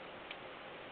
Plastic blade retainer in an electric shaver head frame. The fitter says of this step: it a little bit to the left and it will make a little clicking sound and then you can lift it off now